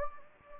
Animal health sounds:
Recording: mosquito wingbeat signal from an infrared sensor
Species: Anopheles gambiae

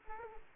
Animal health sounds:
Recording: mosquito wingbeat signal from an infrared sensor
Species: Aedes aegypti

